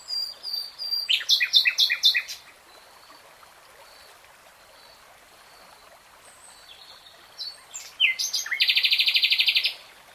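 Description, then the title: Nightingale singing a burst of repeated rich chirps, a lull with faint notes, then a loud, sustained buzzy trill. Three-hour real-time recording of a nightingale singing. "[Tiếng chim hót] 3 Hours REALTIME Nightingale Singing"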